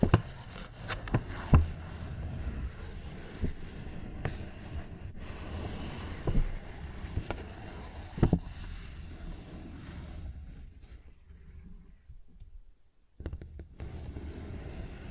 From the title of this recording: Paper Bag Tapping and Scratching Sounds